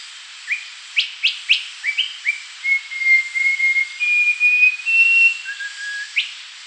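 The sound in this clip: Rufous-crowned babbler song: several sharp upslurred chips, then long steady pure whistles held at slightly different pitches, ending with a low whistle and a quick upward flick.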